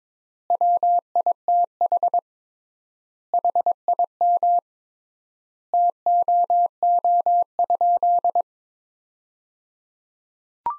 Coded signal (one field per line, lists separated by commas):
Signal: Morse code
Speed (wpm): 22 wpm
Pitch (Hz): 700 Hz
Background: none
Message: WITH HIM TOO?